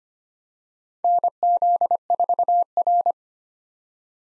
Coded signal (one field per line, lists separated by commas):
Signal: Morse code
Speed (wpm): 25 wpm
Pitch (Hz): 700 Hz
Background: none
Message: NZ4R